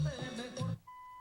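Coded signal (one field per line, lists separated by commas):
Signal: beep code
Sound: brief music or voice, then one steady beep of about a third of a second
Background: music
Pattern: 1 beep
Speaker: let the function time out, indicated by 1 beep. Okay, the function's timed out, and this is once again the tone control.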